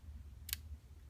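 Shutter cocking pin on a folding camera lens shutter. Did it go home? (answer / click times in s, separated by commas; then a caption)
yes / 0.5 s. The small metal shutter cocking pin on the lens shutter of a Balda Baldix folding camera is pulled upward until it latches. A single sharp, bright click is heard at 0.5 s over a low steady hum. The pin clicks into place, and the cocked camera is ready to fire.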